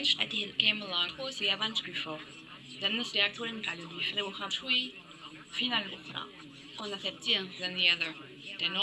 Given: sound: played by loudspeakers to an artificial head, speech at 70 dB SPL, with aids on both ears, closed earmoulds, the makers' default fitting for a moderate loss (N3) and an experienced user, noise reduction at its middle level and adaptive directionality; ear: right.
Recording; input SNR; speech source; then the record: speech test signal (ISTS) in cocktail-party noise; +6 dB; on the right (90 degrees)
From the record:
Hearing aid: class 1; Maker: C